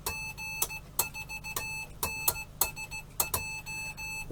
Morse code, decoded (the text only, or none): G4NSJ